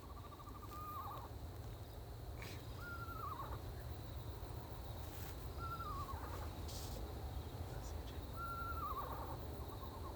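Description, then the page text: Eastern screech-owl calling with a brief steady trill followed by several short, falling whinnies every two to three seconds, over a constant low rumble. Recorded in Maryland. "Eastern Screech-Owl"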